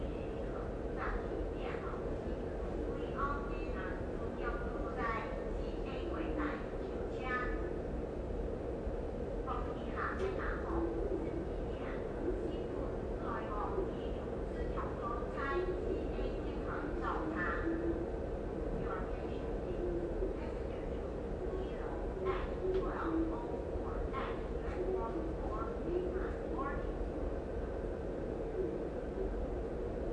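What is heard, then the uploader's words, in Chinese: Inside a busy Taipei railway station, a steady low rumble of trains and machinery runs beneath constant overlapping chatter from travelers. 台鐵北車（台北車站站）。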